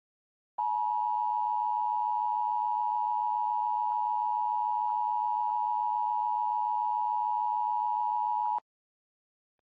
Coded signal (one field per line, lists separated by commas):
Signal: Emergency Alert System (SAME) tones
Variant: 853 and 960 Hz attention tone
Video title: Various Emergency Alert System (EAS) Tests - Month of 1/2022